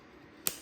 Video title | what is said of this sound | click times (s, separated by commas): How to Perfectly Mount a DSLR Lens Without Hassle! 📷 Beginner's Guide to Lens Latching & Setup! | till you hear a click sound and that's how you know you put the lens properly | 0.5 s